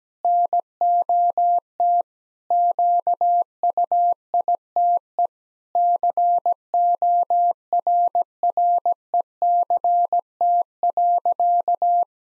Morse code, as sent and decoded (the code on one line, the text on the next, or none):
-. --- - / --.- ..- .. - . / -.-. --- .-. .-. . -.-. - .-.-.-
NOT QUITE CORRECT.